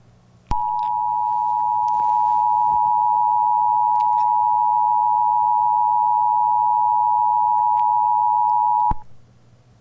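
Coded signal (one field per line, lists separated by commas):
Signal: Emergency Alert System (SAME) tones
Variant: 853 and 960 Hz attention tone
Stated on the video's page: Simulated EAS scenario about a facility breaking.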